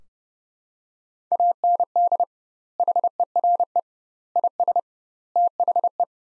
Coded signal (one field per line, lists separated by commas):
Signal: Morse code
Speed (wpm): 29 wpm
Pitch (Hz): 700 Hz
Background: none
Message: AND HERE IS THE